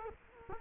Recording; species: mosquito wingbeat signal from an infrared sensor; Culex quinquefasciatus